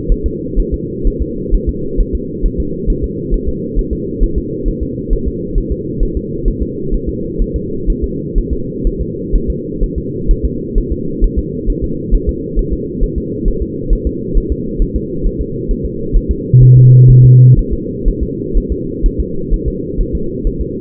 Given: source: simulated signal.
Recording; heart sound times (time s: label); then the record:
fetal heart sounds
0.12 s: S1
0.26 s: S2
0.59 s: S1
0.74 s: S2
1.07 s: S1
1.22 s: S2
1.54 s: S1
1.69 s: S2
2.00 s: S1
2.15 s: S2
2.46 s: S1
2.60 s: S2
2.90 s: S1
3.04 s: S2
3.34 s: S1
3.49 s: S2
3.79 s: S1
3.93 s: S2
4.23 s: S1
4.38 s: S2
4.68 s: S1
4.83 s: S2
5.13 s: S1
5.28 s: S2
5.58 s: S1
5.72 s: S2
6.03 s: S1
6.17 s: S2
6.48 s: S1
6.62 s: S2
6.94 s: S1
7.09 s: S2
7.42 s: S1
7.56 s: S2
7.90 s: S1
8.04 s: S2
8.38 s: S1
8.53 s: S2
8.87 s: S1
9.01 s: S2
9.35 s: S1
9.50 s: S2
9.84 s: S1
9.98 s: S2
10.31 s: S1
10.45 s: S2
10.78 s: S1
10.92 s: S2
11.24 s: S1
11.39 s: S2
11.70 s: S1
11.84 s: S2
12.15 s: S1
12.29 s: S2
12.59 s: S1
12.73 s: S2
13.03 s: S1
13.18 s: S2
13.48 s: S1
13.62 s: S2
13.93 s: S1
14.07 s: S2
14.37 s: S1
14.52 s: S2
14.82 s: S1
14.96 s: S2
15.26 s: S1
15.41 s: S2
15.71 s: S1
15.85 s: S2
16.16 s: S1
16.31 s: S2
16.63 s: S1
16.77 s: S2
17.10 s: S1
17.25 s: S2
17.59 s: S1
17.73 s: S2
18.08 s: S1
18.23 s: S2
18.58 s: S1
18.72 s: S2
19.06 s: S1
19.20 s: S2
19.54 s: S1
19.68 s: S2
20.01 s: S1
20.15 s: S2
20.47 s: S1
20.61 s: S2
From the record:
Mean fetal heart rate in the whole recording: 130 bpm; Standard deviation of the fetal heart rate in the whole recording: 4 bpm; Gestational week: 38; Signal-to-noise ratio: -6.6 dB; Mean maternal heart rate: 72 bpm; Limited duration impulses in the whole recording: present